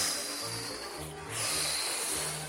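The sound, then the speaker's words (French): A voice imitates the wolf from the three little pigs blowing hard at the pigs' wooden house: a long, forceful breathy whoosh, a brief dip in the middle, then a second strong gust of hissing breath, with no words spoken. “Le loup souffle.”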